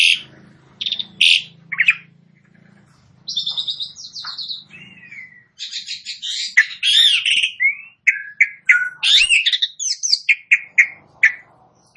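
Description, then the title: Asian pied starling song, a long medley of squawks, harsh rasps and sharp whistled notes, growing busier and faster toward the end, with a low hum underneath early on. Song reportedly starts in under a minute. "Belum Satu Menit Jalak Suren Langsung Bunyi"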